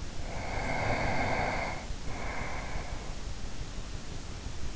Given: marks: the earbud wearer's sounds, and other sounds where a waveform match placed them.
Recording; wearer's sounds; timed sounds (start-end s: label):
sounds in sleep by an in-ear microphone; breath
0.07-3.19 s: breath